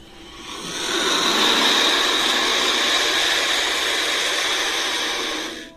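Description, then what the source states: Turkey vulture hiss: one long, breathy rushing hiss that swells over a second, holds steady for about four seconds, then fades away. Young turkey vulture; its sound is described as horrible.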